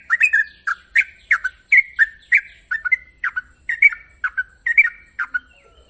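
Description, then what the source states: Yellow-vented Bulbul song of quick, slurred chirping notes in a rapid, even, rolling series, against a high steady hiss. Master training recording of the long rapid-trill singing style called ropel panjang.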